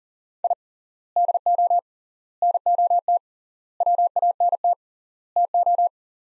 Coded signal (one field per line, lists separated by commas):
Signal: Morse code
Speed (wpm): 37 wpm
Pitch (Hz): 700 Hz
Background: none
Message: I DO NOT WANT TO